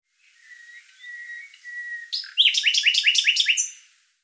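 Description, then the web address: Bird giving a thin, level whistle, then a quick run of bright, repeated chirps. "Deverinetal 2025"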